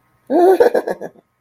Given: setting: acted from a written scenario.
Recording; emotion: vocal sound without words; amusement